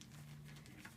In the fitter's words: There's See, there's an extra click.